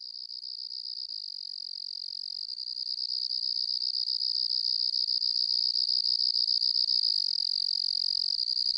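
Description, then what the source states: Cricket singing a steady, high, pulsing trill that continues without a break, growing louder over the first half and then holding steady. Loud singing at night.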